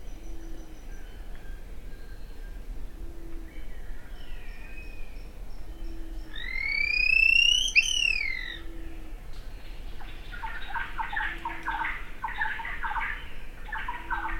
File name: White crested spadebill